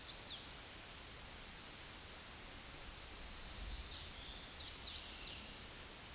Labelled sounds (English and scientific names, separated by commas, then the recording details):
Hooded Warbler (Setophaga citrina) song
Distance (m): 70 m
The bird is about 5 m above the microphone
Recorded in a Pennsylvania forest on 16 May 2024 at 09:57
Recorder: AudioMoth, point MSD-2201
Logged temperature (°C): 15.5 °C
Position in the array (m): 151 m, 123 m